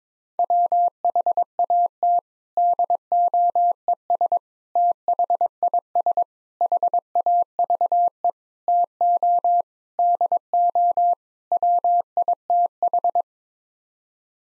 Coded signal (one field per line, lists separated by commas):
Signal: Morse code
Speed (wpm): 22 wpm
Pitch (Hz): 700 Hz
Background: none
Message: WHAT DOES THIS HAVE TO DO WITH